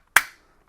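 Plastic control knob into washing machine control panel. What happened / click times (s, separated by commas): The plastic knob snapped into the panel / 0.2 s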